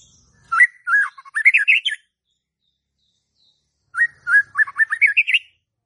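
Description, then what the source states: White-rumped shama song: two matching phrases of varied whistles rising in pitch toward the end, with a silent pause between them. Lure song used to provoke stressed White-rumped shamas that have stopped singing into song.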